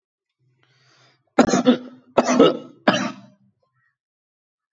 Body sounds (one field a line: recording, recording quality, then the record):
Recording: heavy voluntary cough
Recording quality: excellent, no background noise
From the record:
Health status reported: respiratory illness, not identified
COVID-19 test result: negative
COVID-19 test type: RT-PCR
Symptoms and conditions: cold, asthma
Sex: male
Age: 23 years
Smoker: no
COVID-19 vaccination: one dose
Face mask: not worn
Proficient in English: yes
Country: India